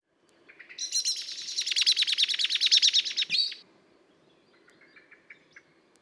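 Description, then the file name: Common blackbird rattling chatter: a fast run of harsh clucking notes swelling in loudness for nearly three seconds, then a few faint scattered notes afterward. "Turdus merula"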